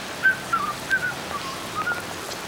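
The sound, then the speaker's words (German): Someone whistles a short tune alone, a string of clear, mid-pitched notes that rise and fall with brief pauses between phrases. “Na, was pfeifen die Fliegen heute?”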